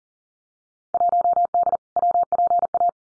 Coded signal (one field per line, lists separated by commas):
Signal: Morse code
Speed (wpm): 40 wpm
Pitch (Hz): 700 Hz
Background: none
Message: 1D WPA